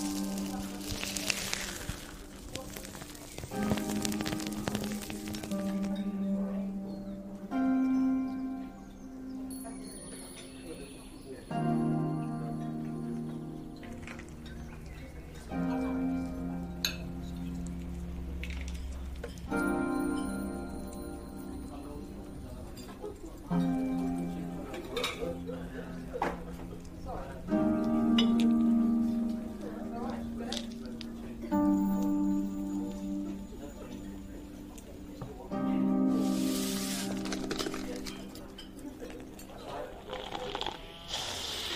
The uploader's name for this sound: Fantasy fairy cafe asmr ambience